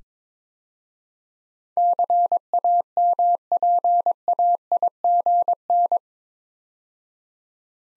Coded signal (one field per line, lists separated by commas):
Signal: Morse code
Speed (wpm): 21 wpm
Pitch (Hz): 700 Hz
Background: none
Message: CAMPAIGN